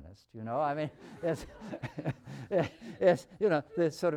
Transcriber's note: laughter